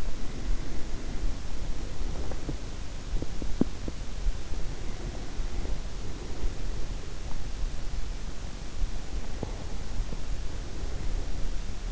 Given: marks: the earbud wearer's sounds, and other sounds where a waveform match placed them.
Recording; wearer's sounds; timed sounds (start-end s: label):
sounds in sleep by an in-ear microphone; breath, teeth grinding
0.00-2.94 s: breath
2.14-4.10 s: teeth grinding
4.37-7.22 s: breath
9.01-11.92 s: breath